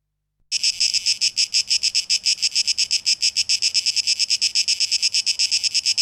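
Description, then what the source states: Cicada song bursting in after a brief silence: rapid rasping pulses holding an even, shrill buzz to the end. Cicadas recorded on 12 August 2023, tape echo mix.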